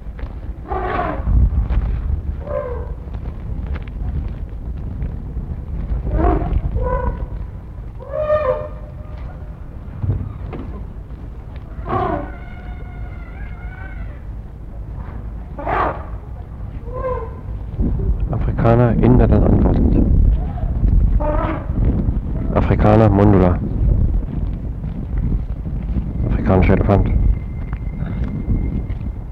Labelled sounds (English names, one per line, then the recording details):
Asian Elephant trumpet call
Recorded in captivity
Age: adult
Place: Zoo Berlin, Berlin, DE
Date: 1960-12-26 15:30
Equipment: Minifon, Kopie Smaragd
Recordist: Tembrock, Günter